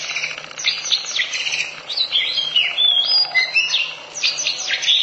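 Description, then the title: Oriental magpie-robin song, a continuous stream of varied whistled phrases and rapid chirps, high-pitched and rich, with a faint low hum underneath. Long-duration song. "Kacer Durasi Panjang"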